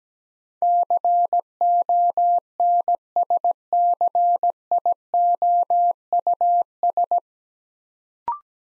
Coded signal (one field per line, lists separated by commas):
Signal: Morse code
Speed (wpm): 17 wpm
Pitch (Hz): 700 Hz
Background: none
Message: CONSCIOUS